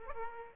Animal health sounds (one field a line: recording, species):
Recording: mosquito wingbeat signal from an infrared sensor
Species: Aedes aegypti